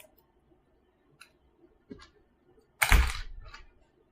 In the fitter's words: and i just push into into the table until it snaps in